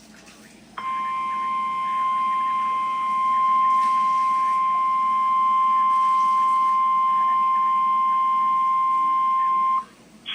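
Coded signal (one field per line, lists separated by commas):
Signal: Emergency Alert System (SAME) tones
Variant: 1050 Hz attention tone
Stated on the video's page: Severe thunderstorm watches and warnings and tornado warning from NOAA Weather Radio stations in Fort Worth, Dallas, Waco and Austin, Texas.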